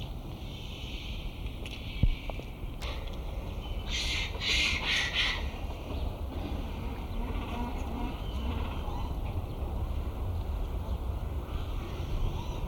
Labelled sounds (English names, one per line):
Japanese Macaque call